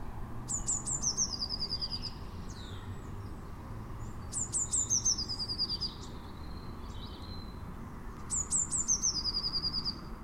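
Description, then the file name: Eurasian blue tit giving high, thin phrases: a few sharp notes followed by a lower trill, repeated about every four seconds, with faint background hiss. "Cyanistes caeruleus"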